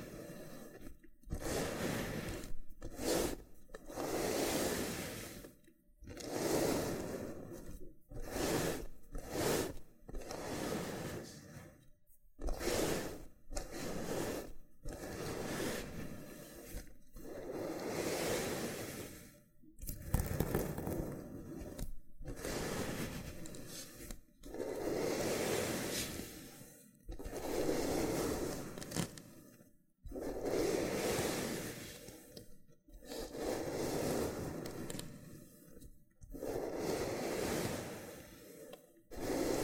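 Loofah sounds fill the clip: rough scraping and peeling strokes in dense bursts of a second or two, separated by brief silences. The texture is crackly and bright over a fuller low rustle, with the strokes coming in an irregular but steady rhythm throughout.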